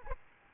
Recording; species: mosquito wingbeat signal from an infrared sensor; Aedes albopictus